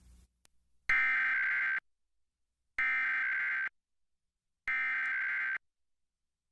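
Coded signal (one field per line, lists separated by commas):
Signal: Emergency Alert System (SAME) tones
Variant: header bursts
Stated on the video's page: Television station EAS test shown with an old early-2000s EAS slide.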